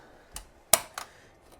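A hoop frame holding a cap is spun onto an embroidery machine's cap driver until it clips into place. A soft tick at about 0.4 s is followed by a sharp, loud click at 0.7 s and a weaker click at about 1.0 s. The frame is seated and locked on the driver.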